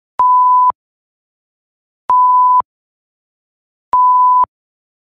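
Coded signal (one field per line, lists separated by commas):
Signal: none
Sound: sound effect beep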